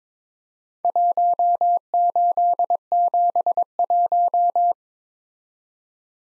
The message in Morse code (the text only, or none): 1871